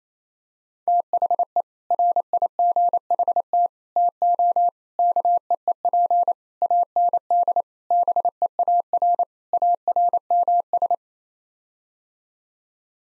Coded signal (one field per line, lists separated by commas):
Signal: Morse code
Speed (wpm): 28 wpm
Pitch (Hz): 700 Hz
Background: none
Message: THE RIGHT TO KEEP AND BEAR ARMS